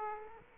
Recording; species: mosquito wingbeat signal from an infrared sensor; Aedes aegypti